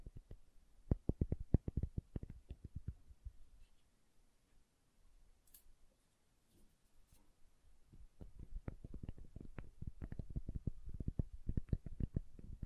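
Soap being tapped and carved: a fast run of soft, dull knocks for the first three seconds, then a near-silent pause with a few faint scrapes and light ticks. From about eight seconds the quick tapping returns, dense and uneven, with brighter clicks mixed in.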